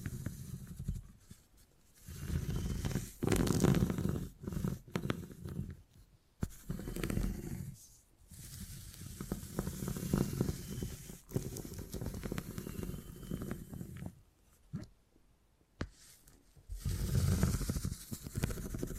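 Beeswax is pressed and worked, making soft, low rumbling squishes and sticky crackles that swell and fade in uneven bursts. Brief quiet gaps fall near 2, 8 and 15 seconds, and sharp little clicks and pops cut through the texture now and then.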